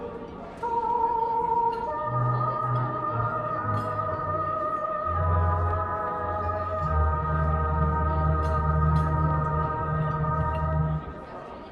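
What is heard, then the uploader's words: Old-fashioned music plays in a coffee shop, with sustained held chords and a walking low bass line that shifts between notes every second or so. Light murmuring talk sits underneath, and the room sounds fairly reverberant. The level stays steady throughout. Oldie music playing in a coffee shop (light talking).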